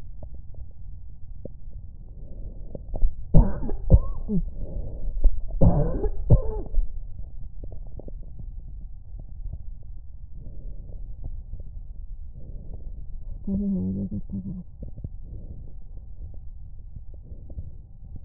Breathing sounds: lung sounds by stethoscope; right anterior apical chest; quiet breathing, then cough and speech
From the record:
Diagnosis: interstitial lung disease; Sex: female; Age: 53 years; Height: 168 cm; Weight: 108 kg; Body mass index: 38.3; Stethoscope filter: extended mode

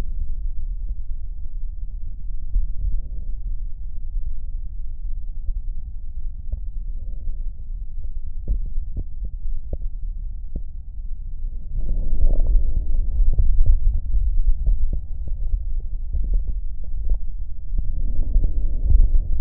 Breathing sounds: lung sounds by stethoscope; left posterior basal chest; quiet breathing, then deep breathing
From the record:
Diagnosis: interstitial lung disease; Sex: male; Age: 61 years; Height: 172 cm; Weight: 71 kg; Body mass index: 24.0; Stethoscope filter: extended mode

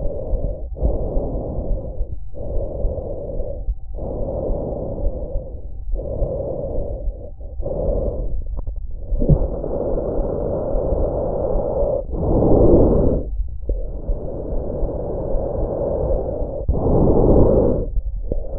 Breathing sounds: lung sounds by stethoscope; trachea; quiet breathing, then deep breathing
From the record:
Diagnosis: interstitial lung disease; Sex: female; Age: 60 years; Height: 152 cm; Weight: 55.9 kg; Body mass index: 24.2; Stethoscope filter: extended mode

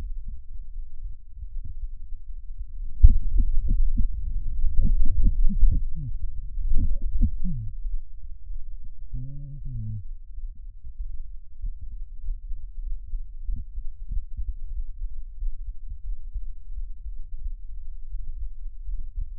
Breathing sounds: lung sounds by stethoscope; left anterior apical chest; quiet breathing, then cough and speech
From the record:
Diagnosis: COPD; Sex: male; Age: 59 years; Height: 171 cm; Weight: 91.4 kg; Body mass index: 31.3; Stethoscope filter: bell mode

